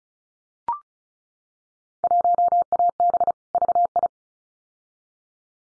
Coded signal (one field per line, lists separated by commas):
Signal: Morse code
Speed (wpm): 34 wpm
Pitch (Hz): 700 Hz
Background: none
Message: 1AB VI